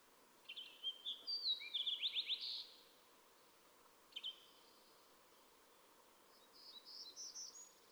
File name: Fox Sparrow